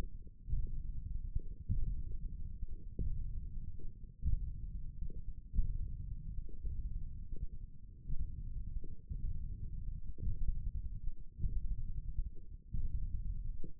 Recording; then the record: forearm muscle sounds (acoustic myography)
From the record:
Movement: index flexion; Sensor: system 1, eight BSWA MPA416 microphones around the upper forearm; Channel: 1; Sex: male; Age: 20 years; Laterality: left